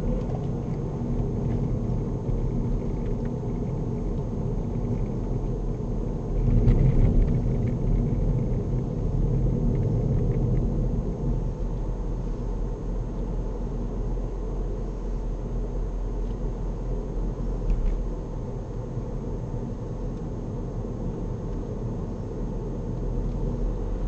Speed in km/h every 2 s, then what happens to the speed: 50, 48, 48, 50, 50, 52, 52, 52, 52, 48, 50, 53.
0-24 steady at about 50.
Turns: none.